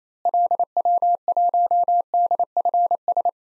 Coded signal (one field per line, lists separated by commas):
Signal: Morse code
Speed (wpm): 28 wpm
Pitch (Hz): 700 Hz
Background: none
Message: LW1DFS